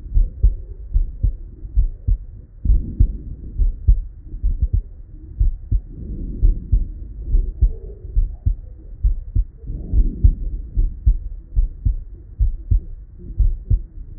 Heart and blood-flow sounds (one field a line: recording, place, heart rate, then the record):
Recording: heart sounds by stethoscope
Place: Erb's point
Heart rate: 65 bpm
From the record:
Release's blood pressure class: normal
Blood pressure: 104/56 mmHg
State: at rest